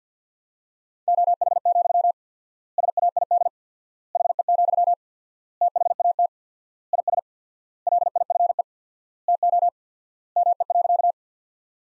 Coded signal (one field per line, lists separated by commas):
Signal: Morse code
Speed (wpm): 50 wpm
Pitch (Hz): 700 Hz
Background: none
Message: OH, SAID HE, THAT IS LIFE TO ME.